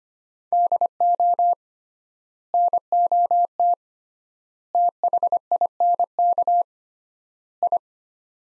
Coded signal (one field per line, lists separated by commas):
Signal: Morse code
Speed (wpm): 25 wpm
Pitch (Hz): 700 Hz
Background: none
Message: DO NOT THINK I